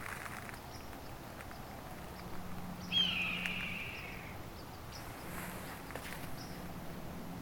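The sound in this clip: Red-tailed hawk giving one hoarse, raspy scream that slides downward over about a second, with steady background hiss before and after.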